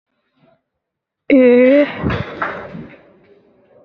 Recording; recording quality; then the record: sustained vowel as in made; poor, much background noise or distortion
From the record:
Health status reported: recovered from COVID-19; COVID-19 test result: negative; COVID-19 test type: RT-PCR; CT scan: not taken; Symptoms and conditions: cough, cold, sore throat, fever, fatigue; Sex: female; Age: 31 years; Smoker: no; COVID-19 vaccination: both doses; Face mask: worn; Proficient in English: yes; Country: India